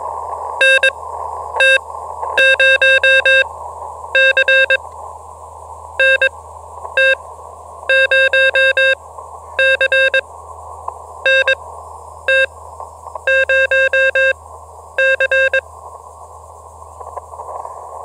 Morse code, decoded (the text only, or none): NT0C NT0C NT0C